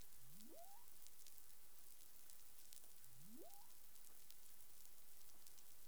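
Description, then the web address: Humpback whale calls: two steeply rising whoops sweeping from low to mid pitch, about three seconds apart, against continuous hissing background noise. Caribbean waters, recorded 20 April 2021 at 04:26 UTC. "CARIMAM. humpback whale 20210420 042642 UTC"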